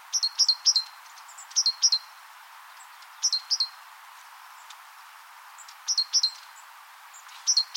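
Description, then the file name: Great tit calling with brisk, very high chip notes grouped in rapid runs of two to four, repeated every one to three seconds over low steady noise. "Parus major"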